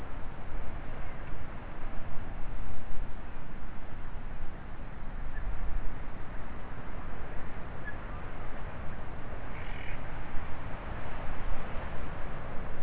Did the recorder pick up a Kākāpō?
no